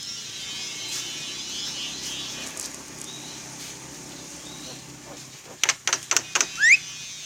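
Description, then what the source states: Javan myna song: a quiet stretch with faint chirps, then a quick burst of loud harsh clicking notes ending in a sharp, upward-sliding whistle. Singing actively, described as gacor.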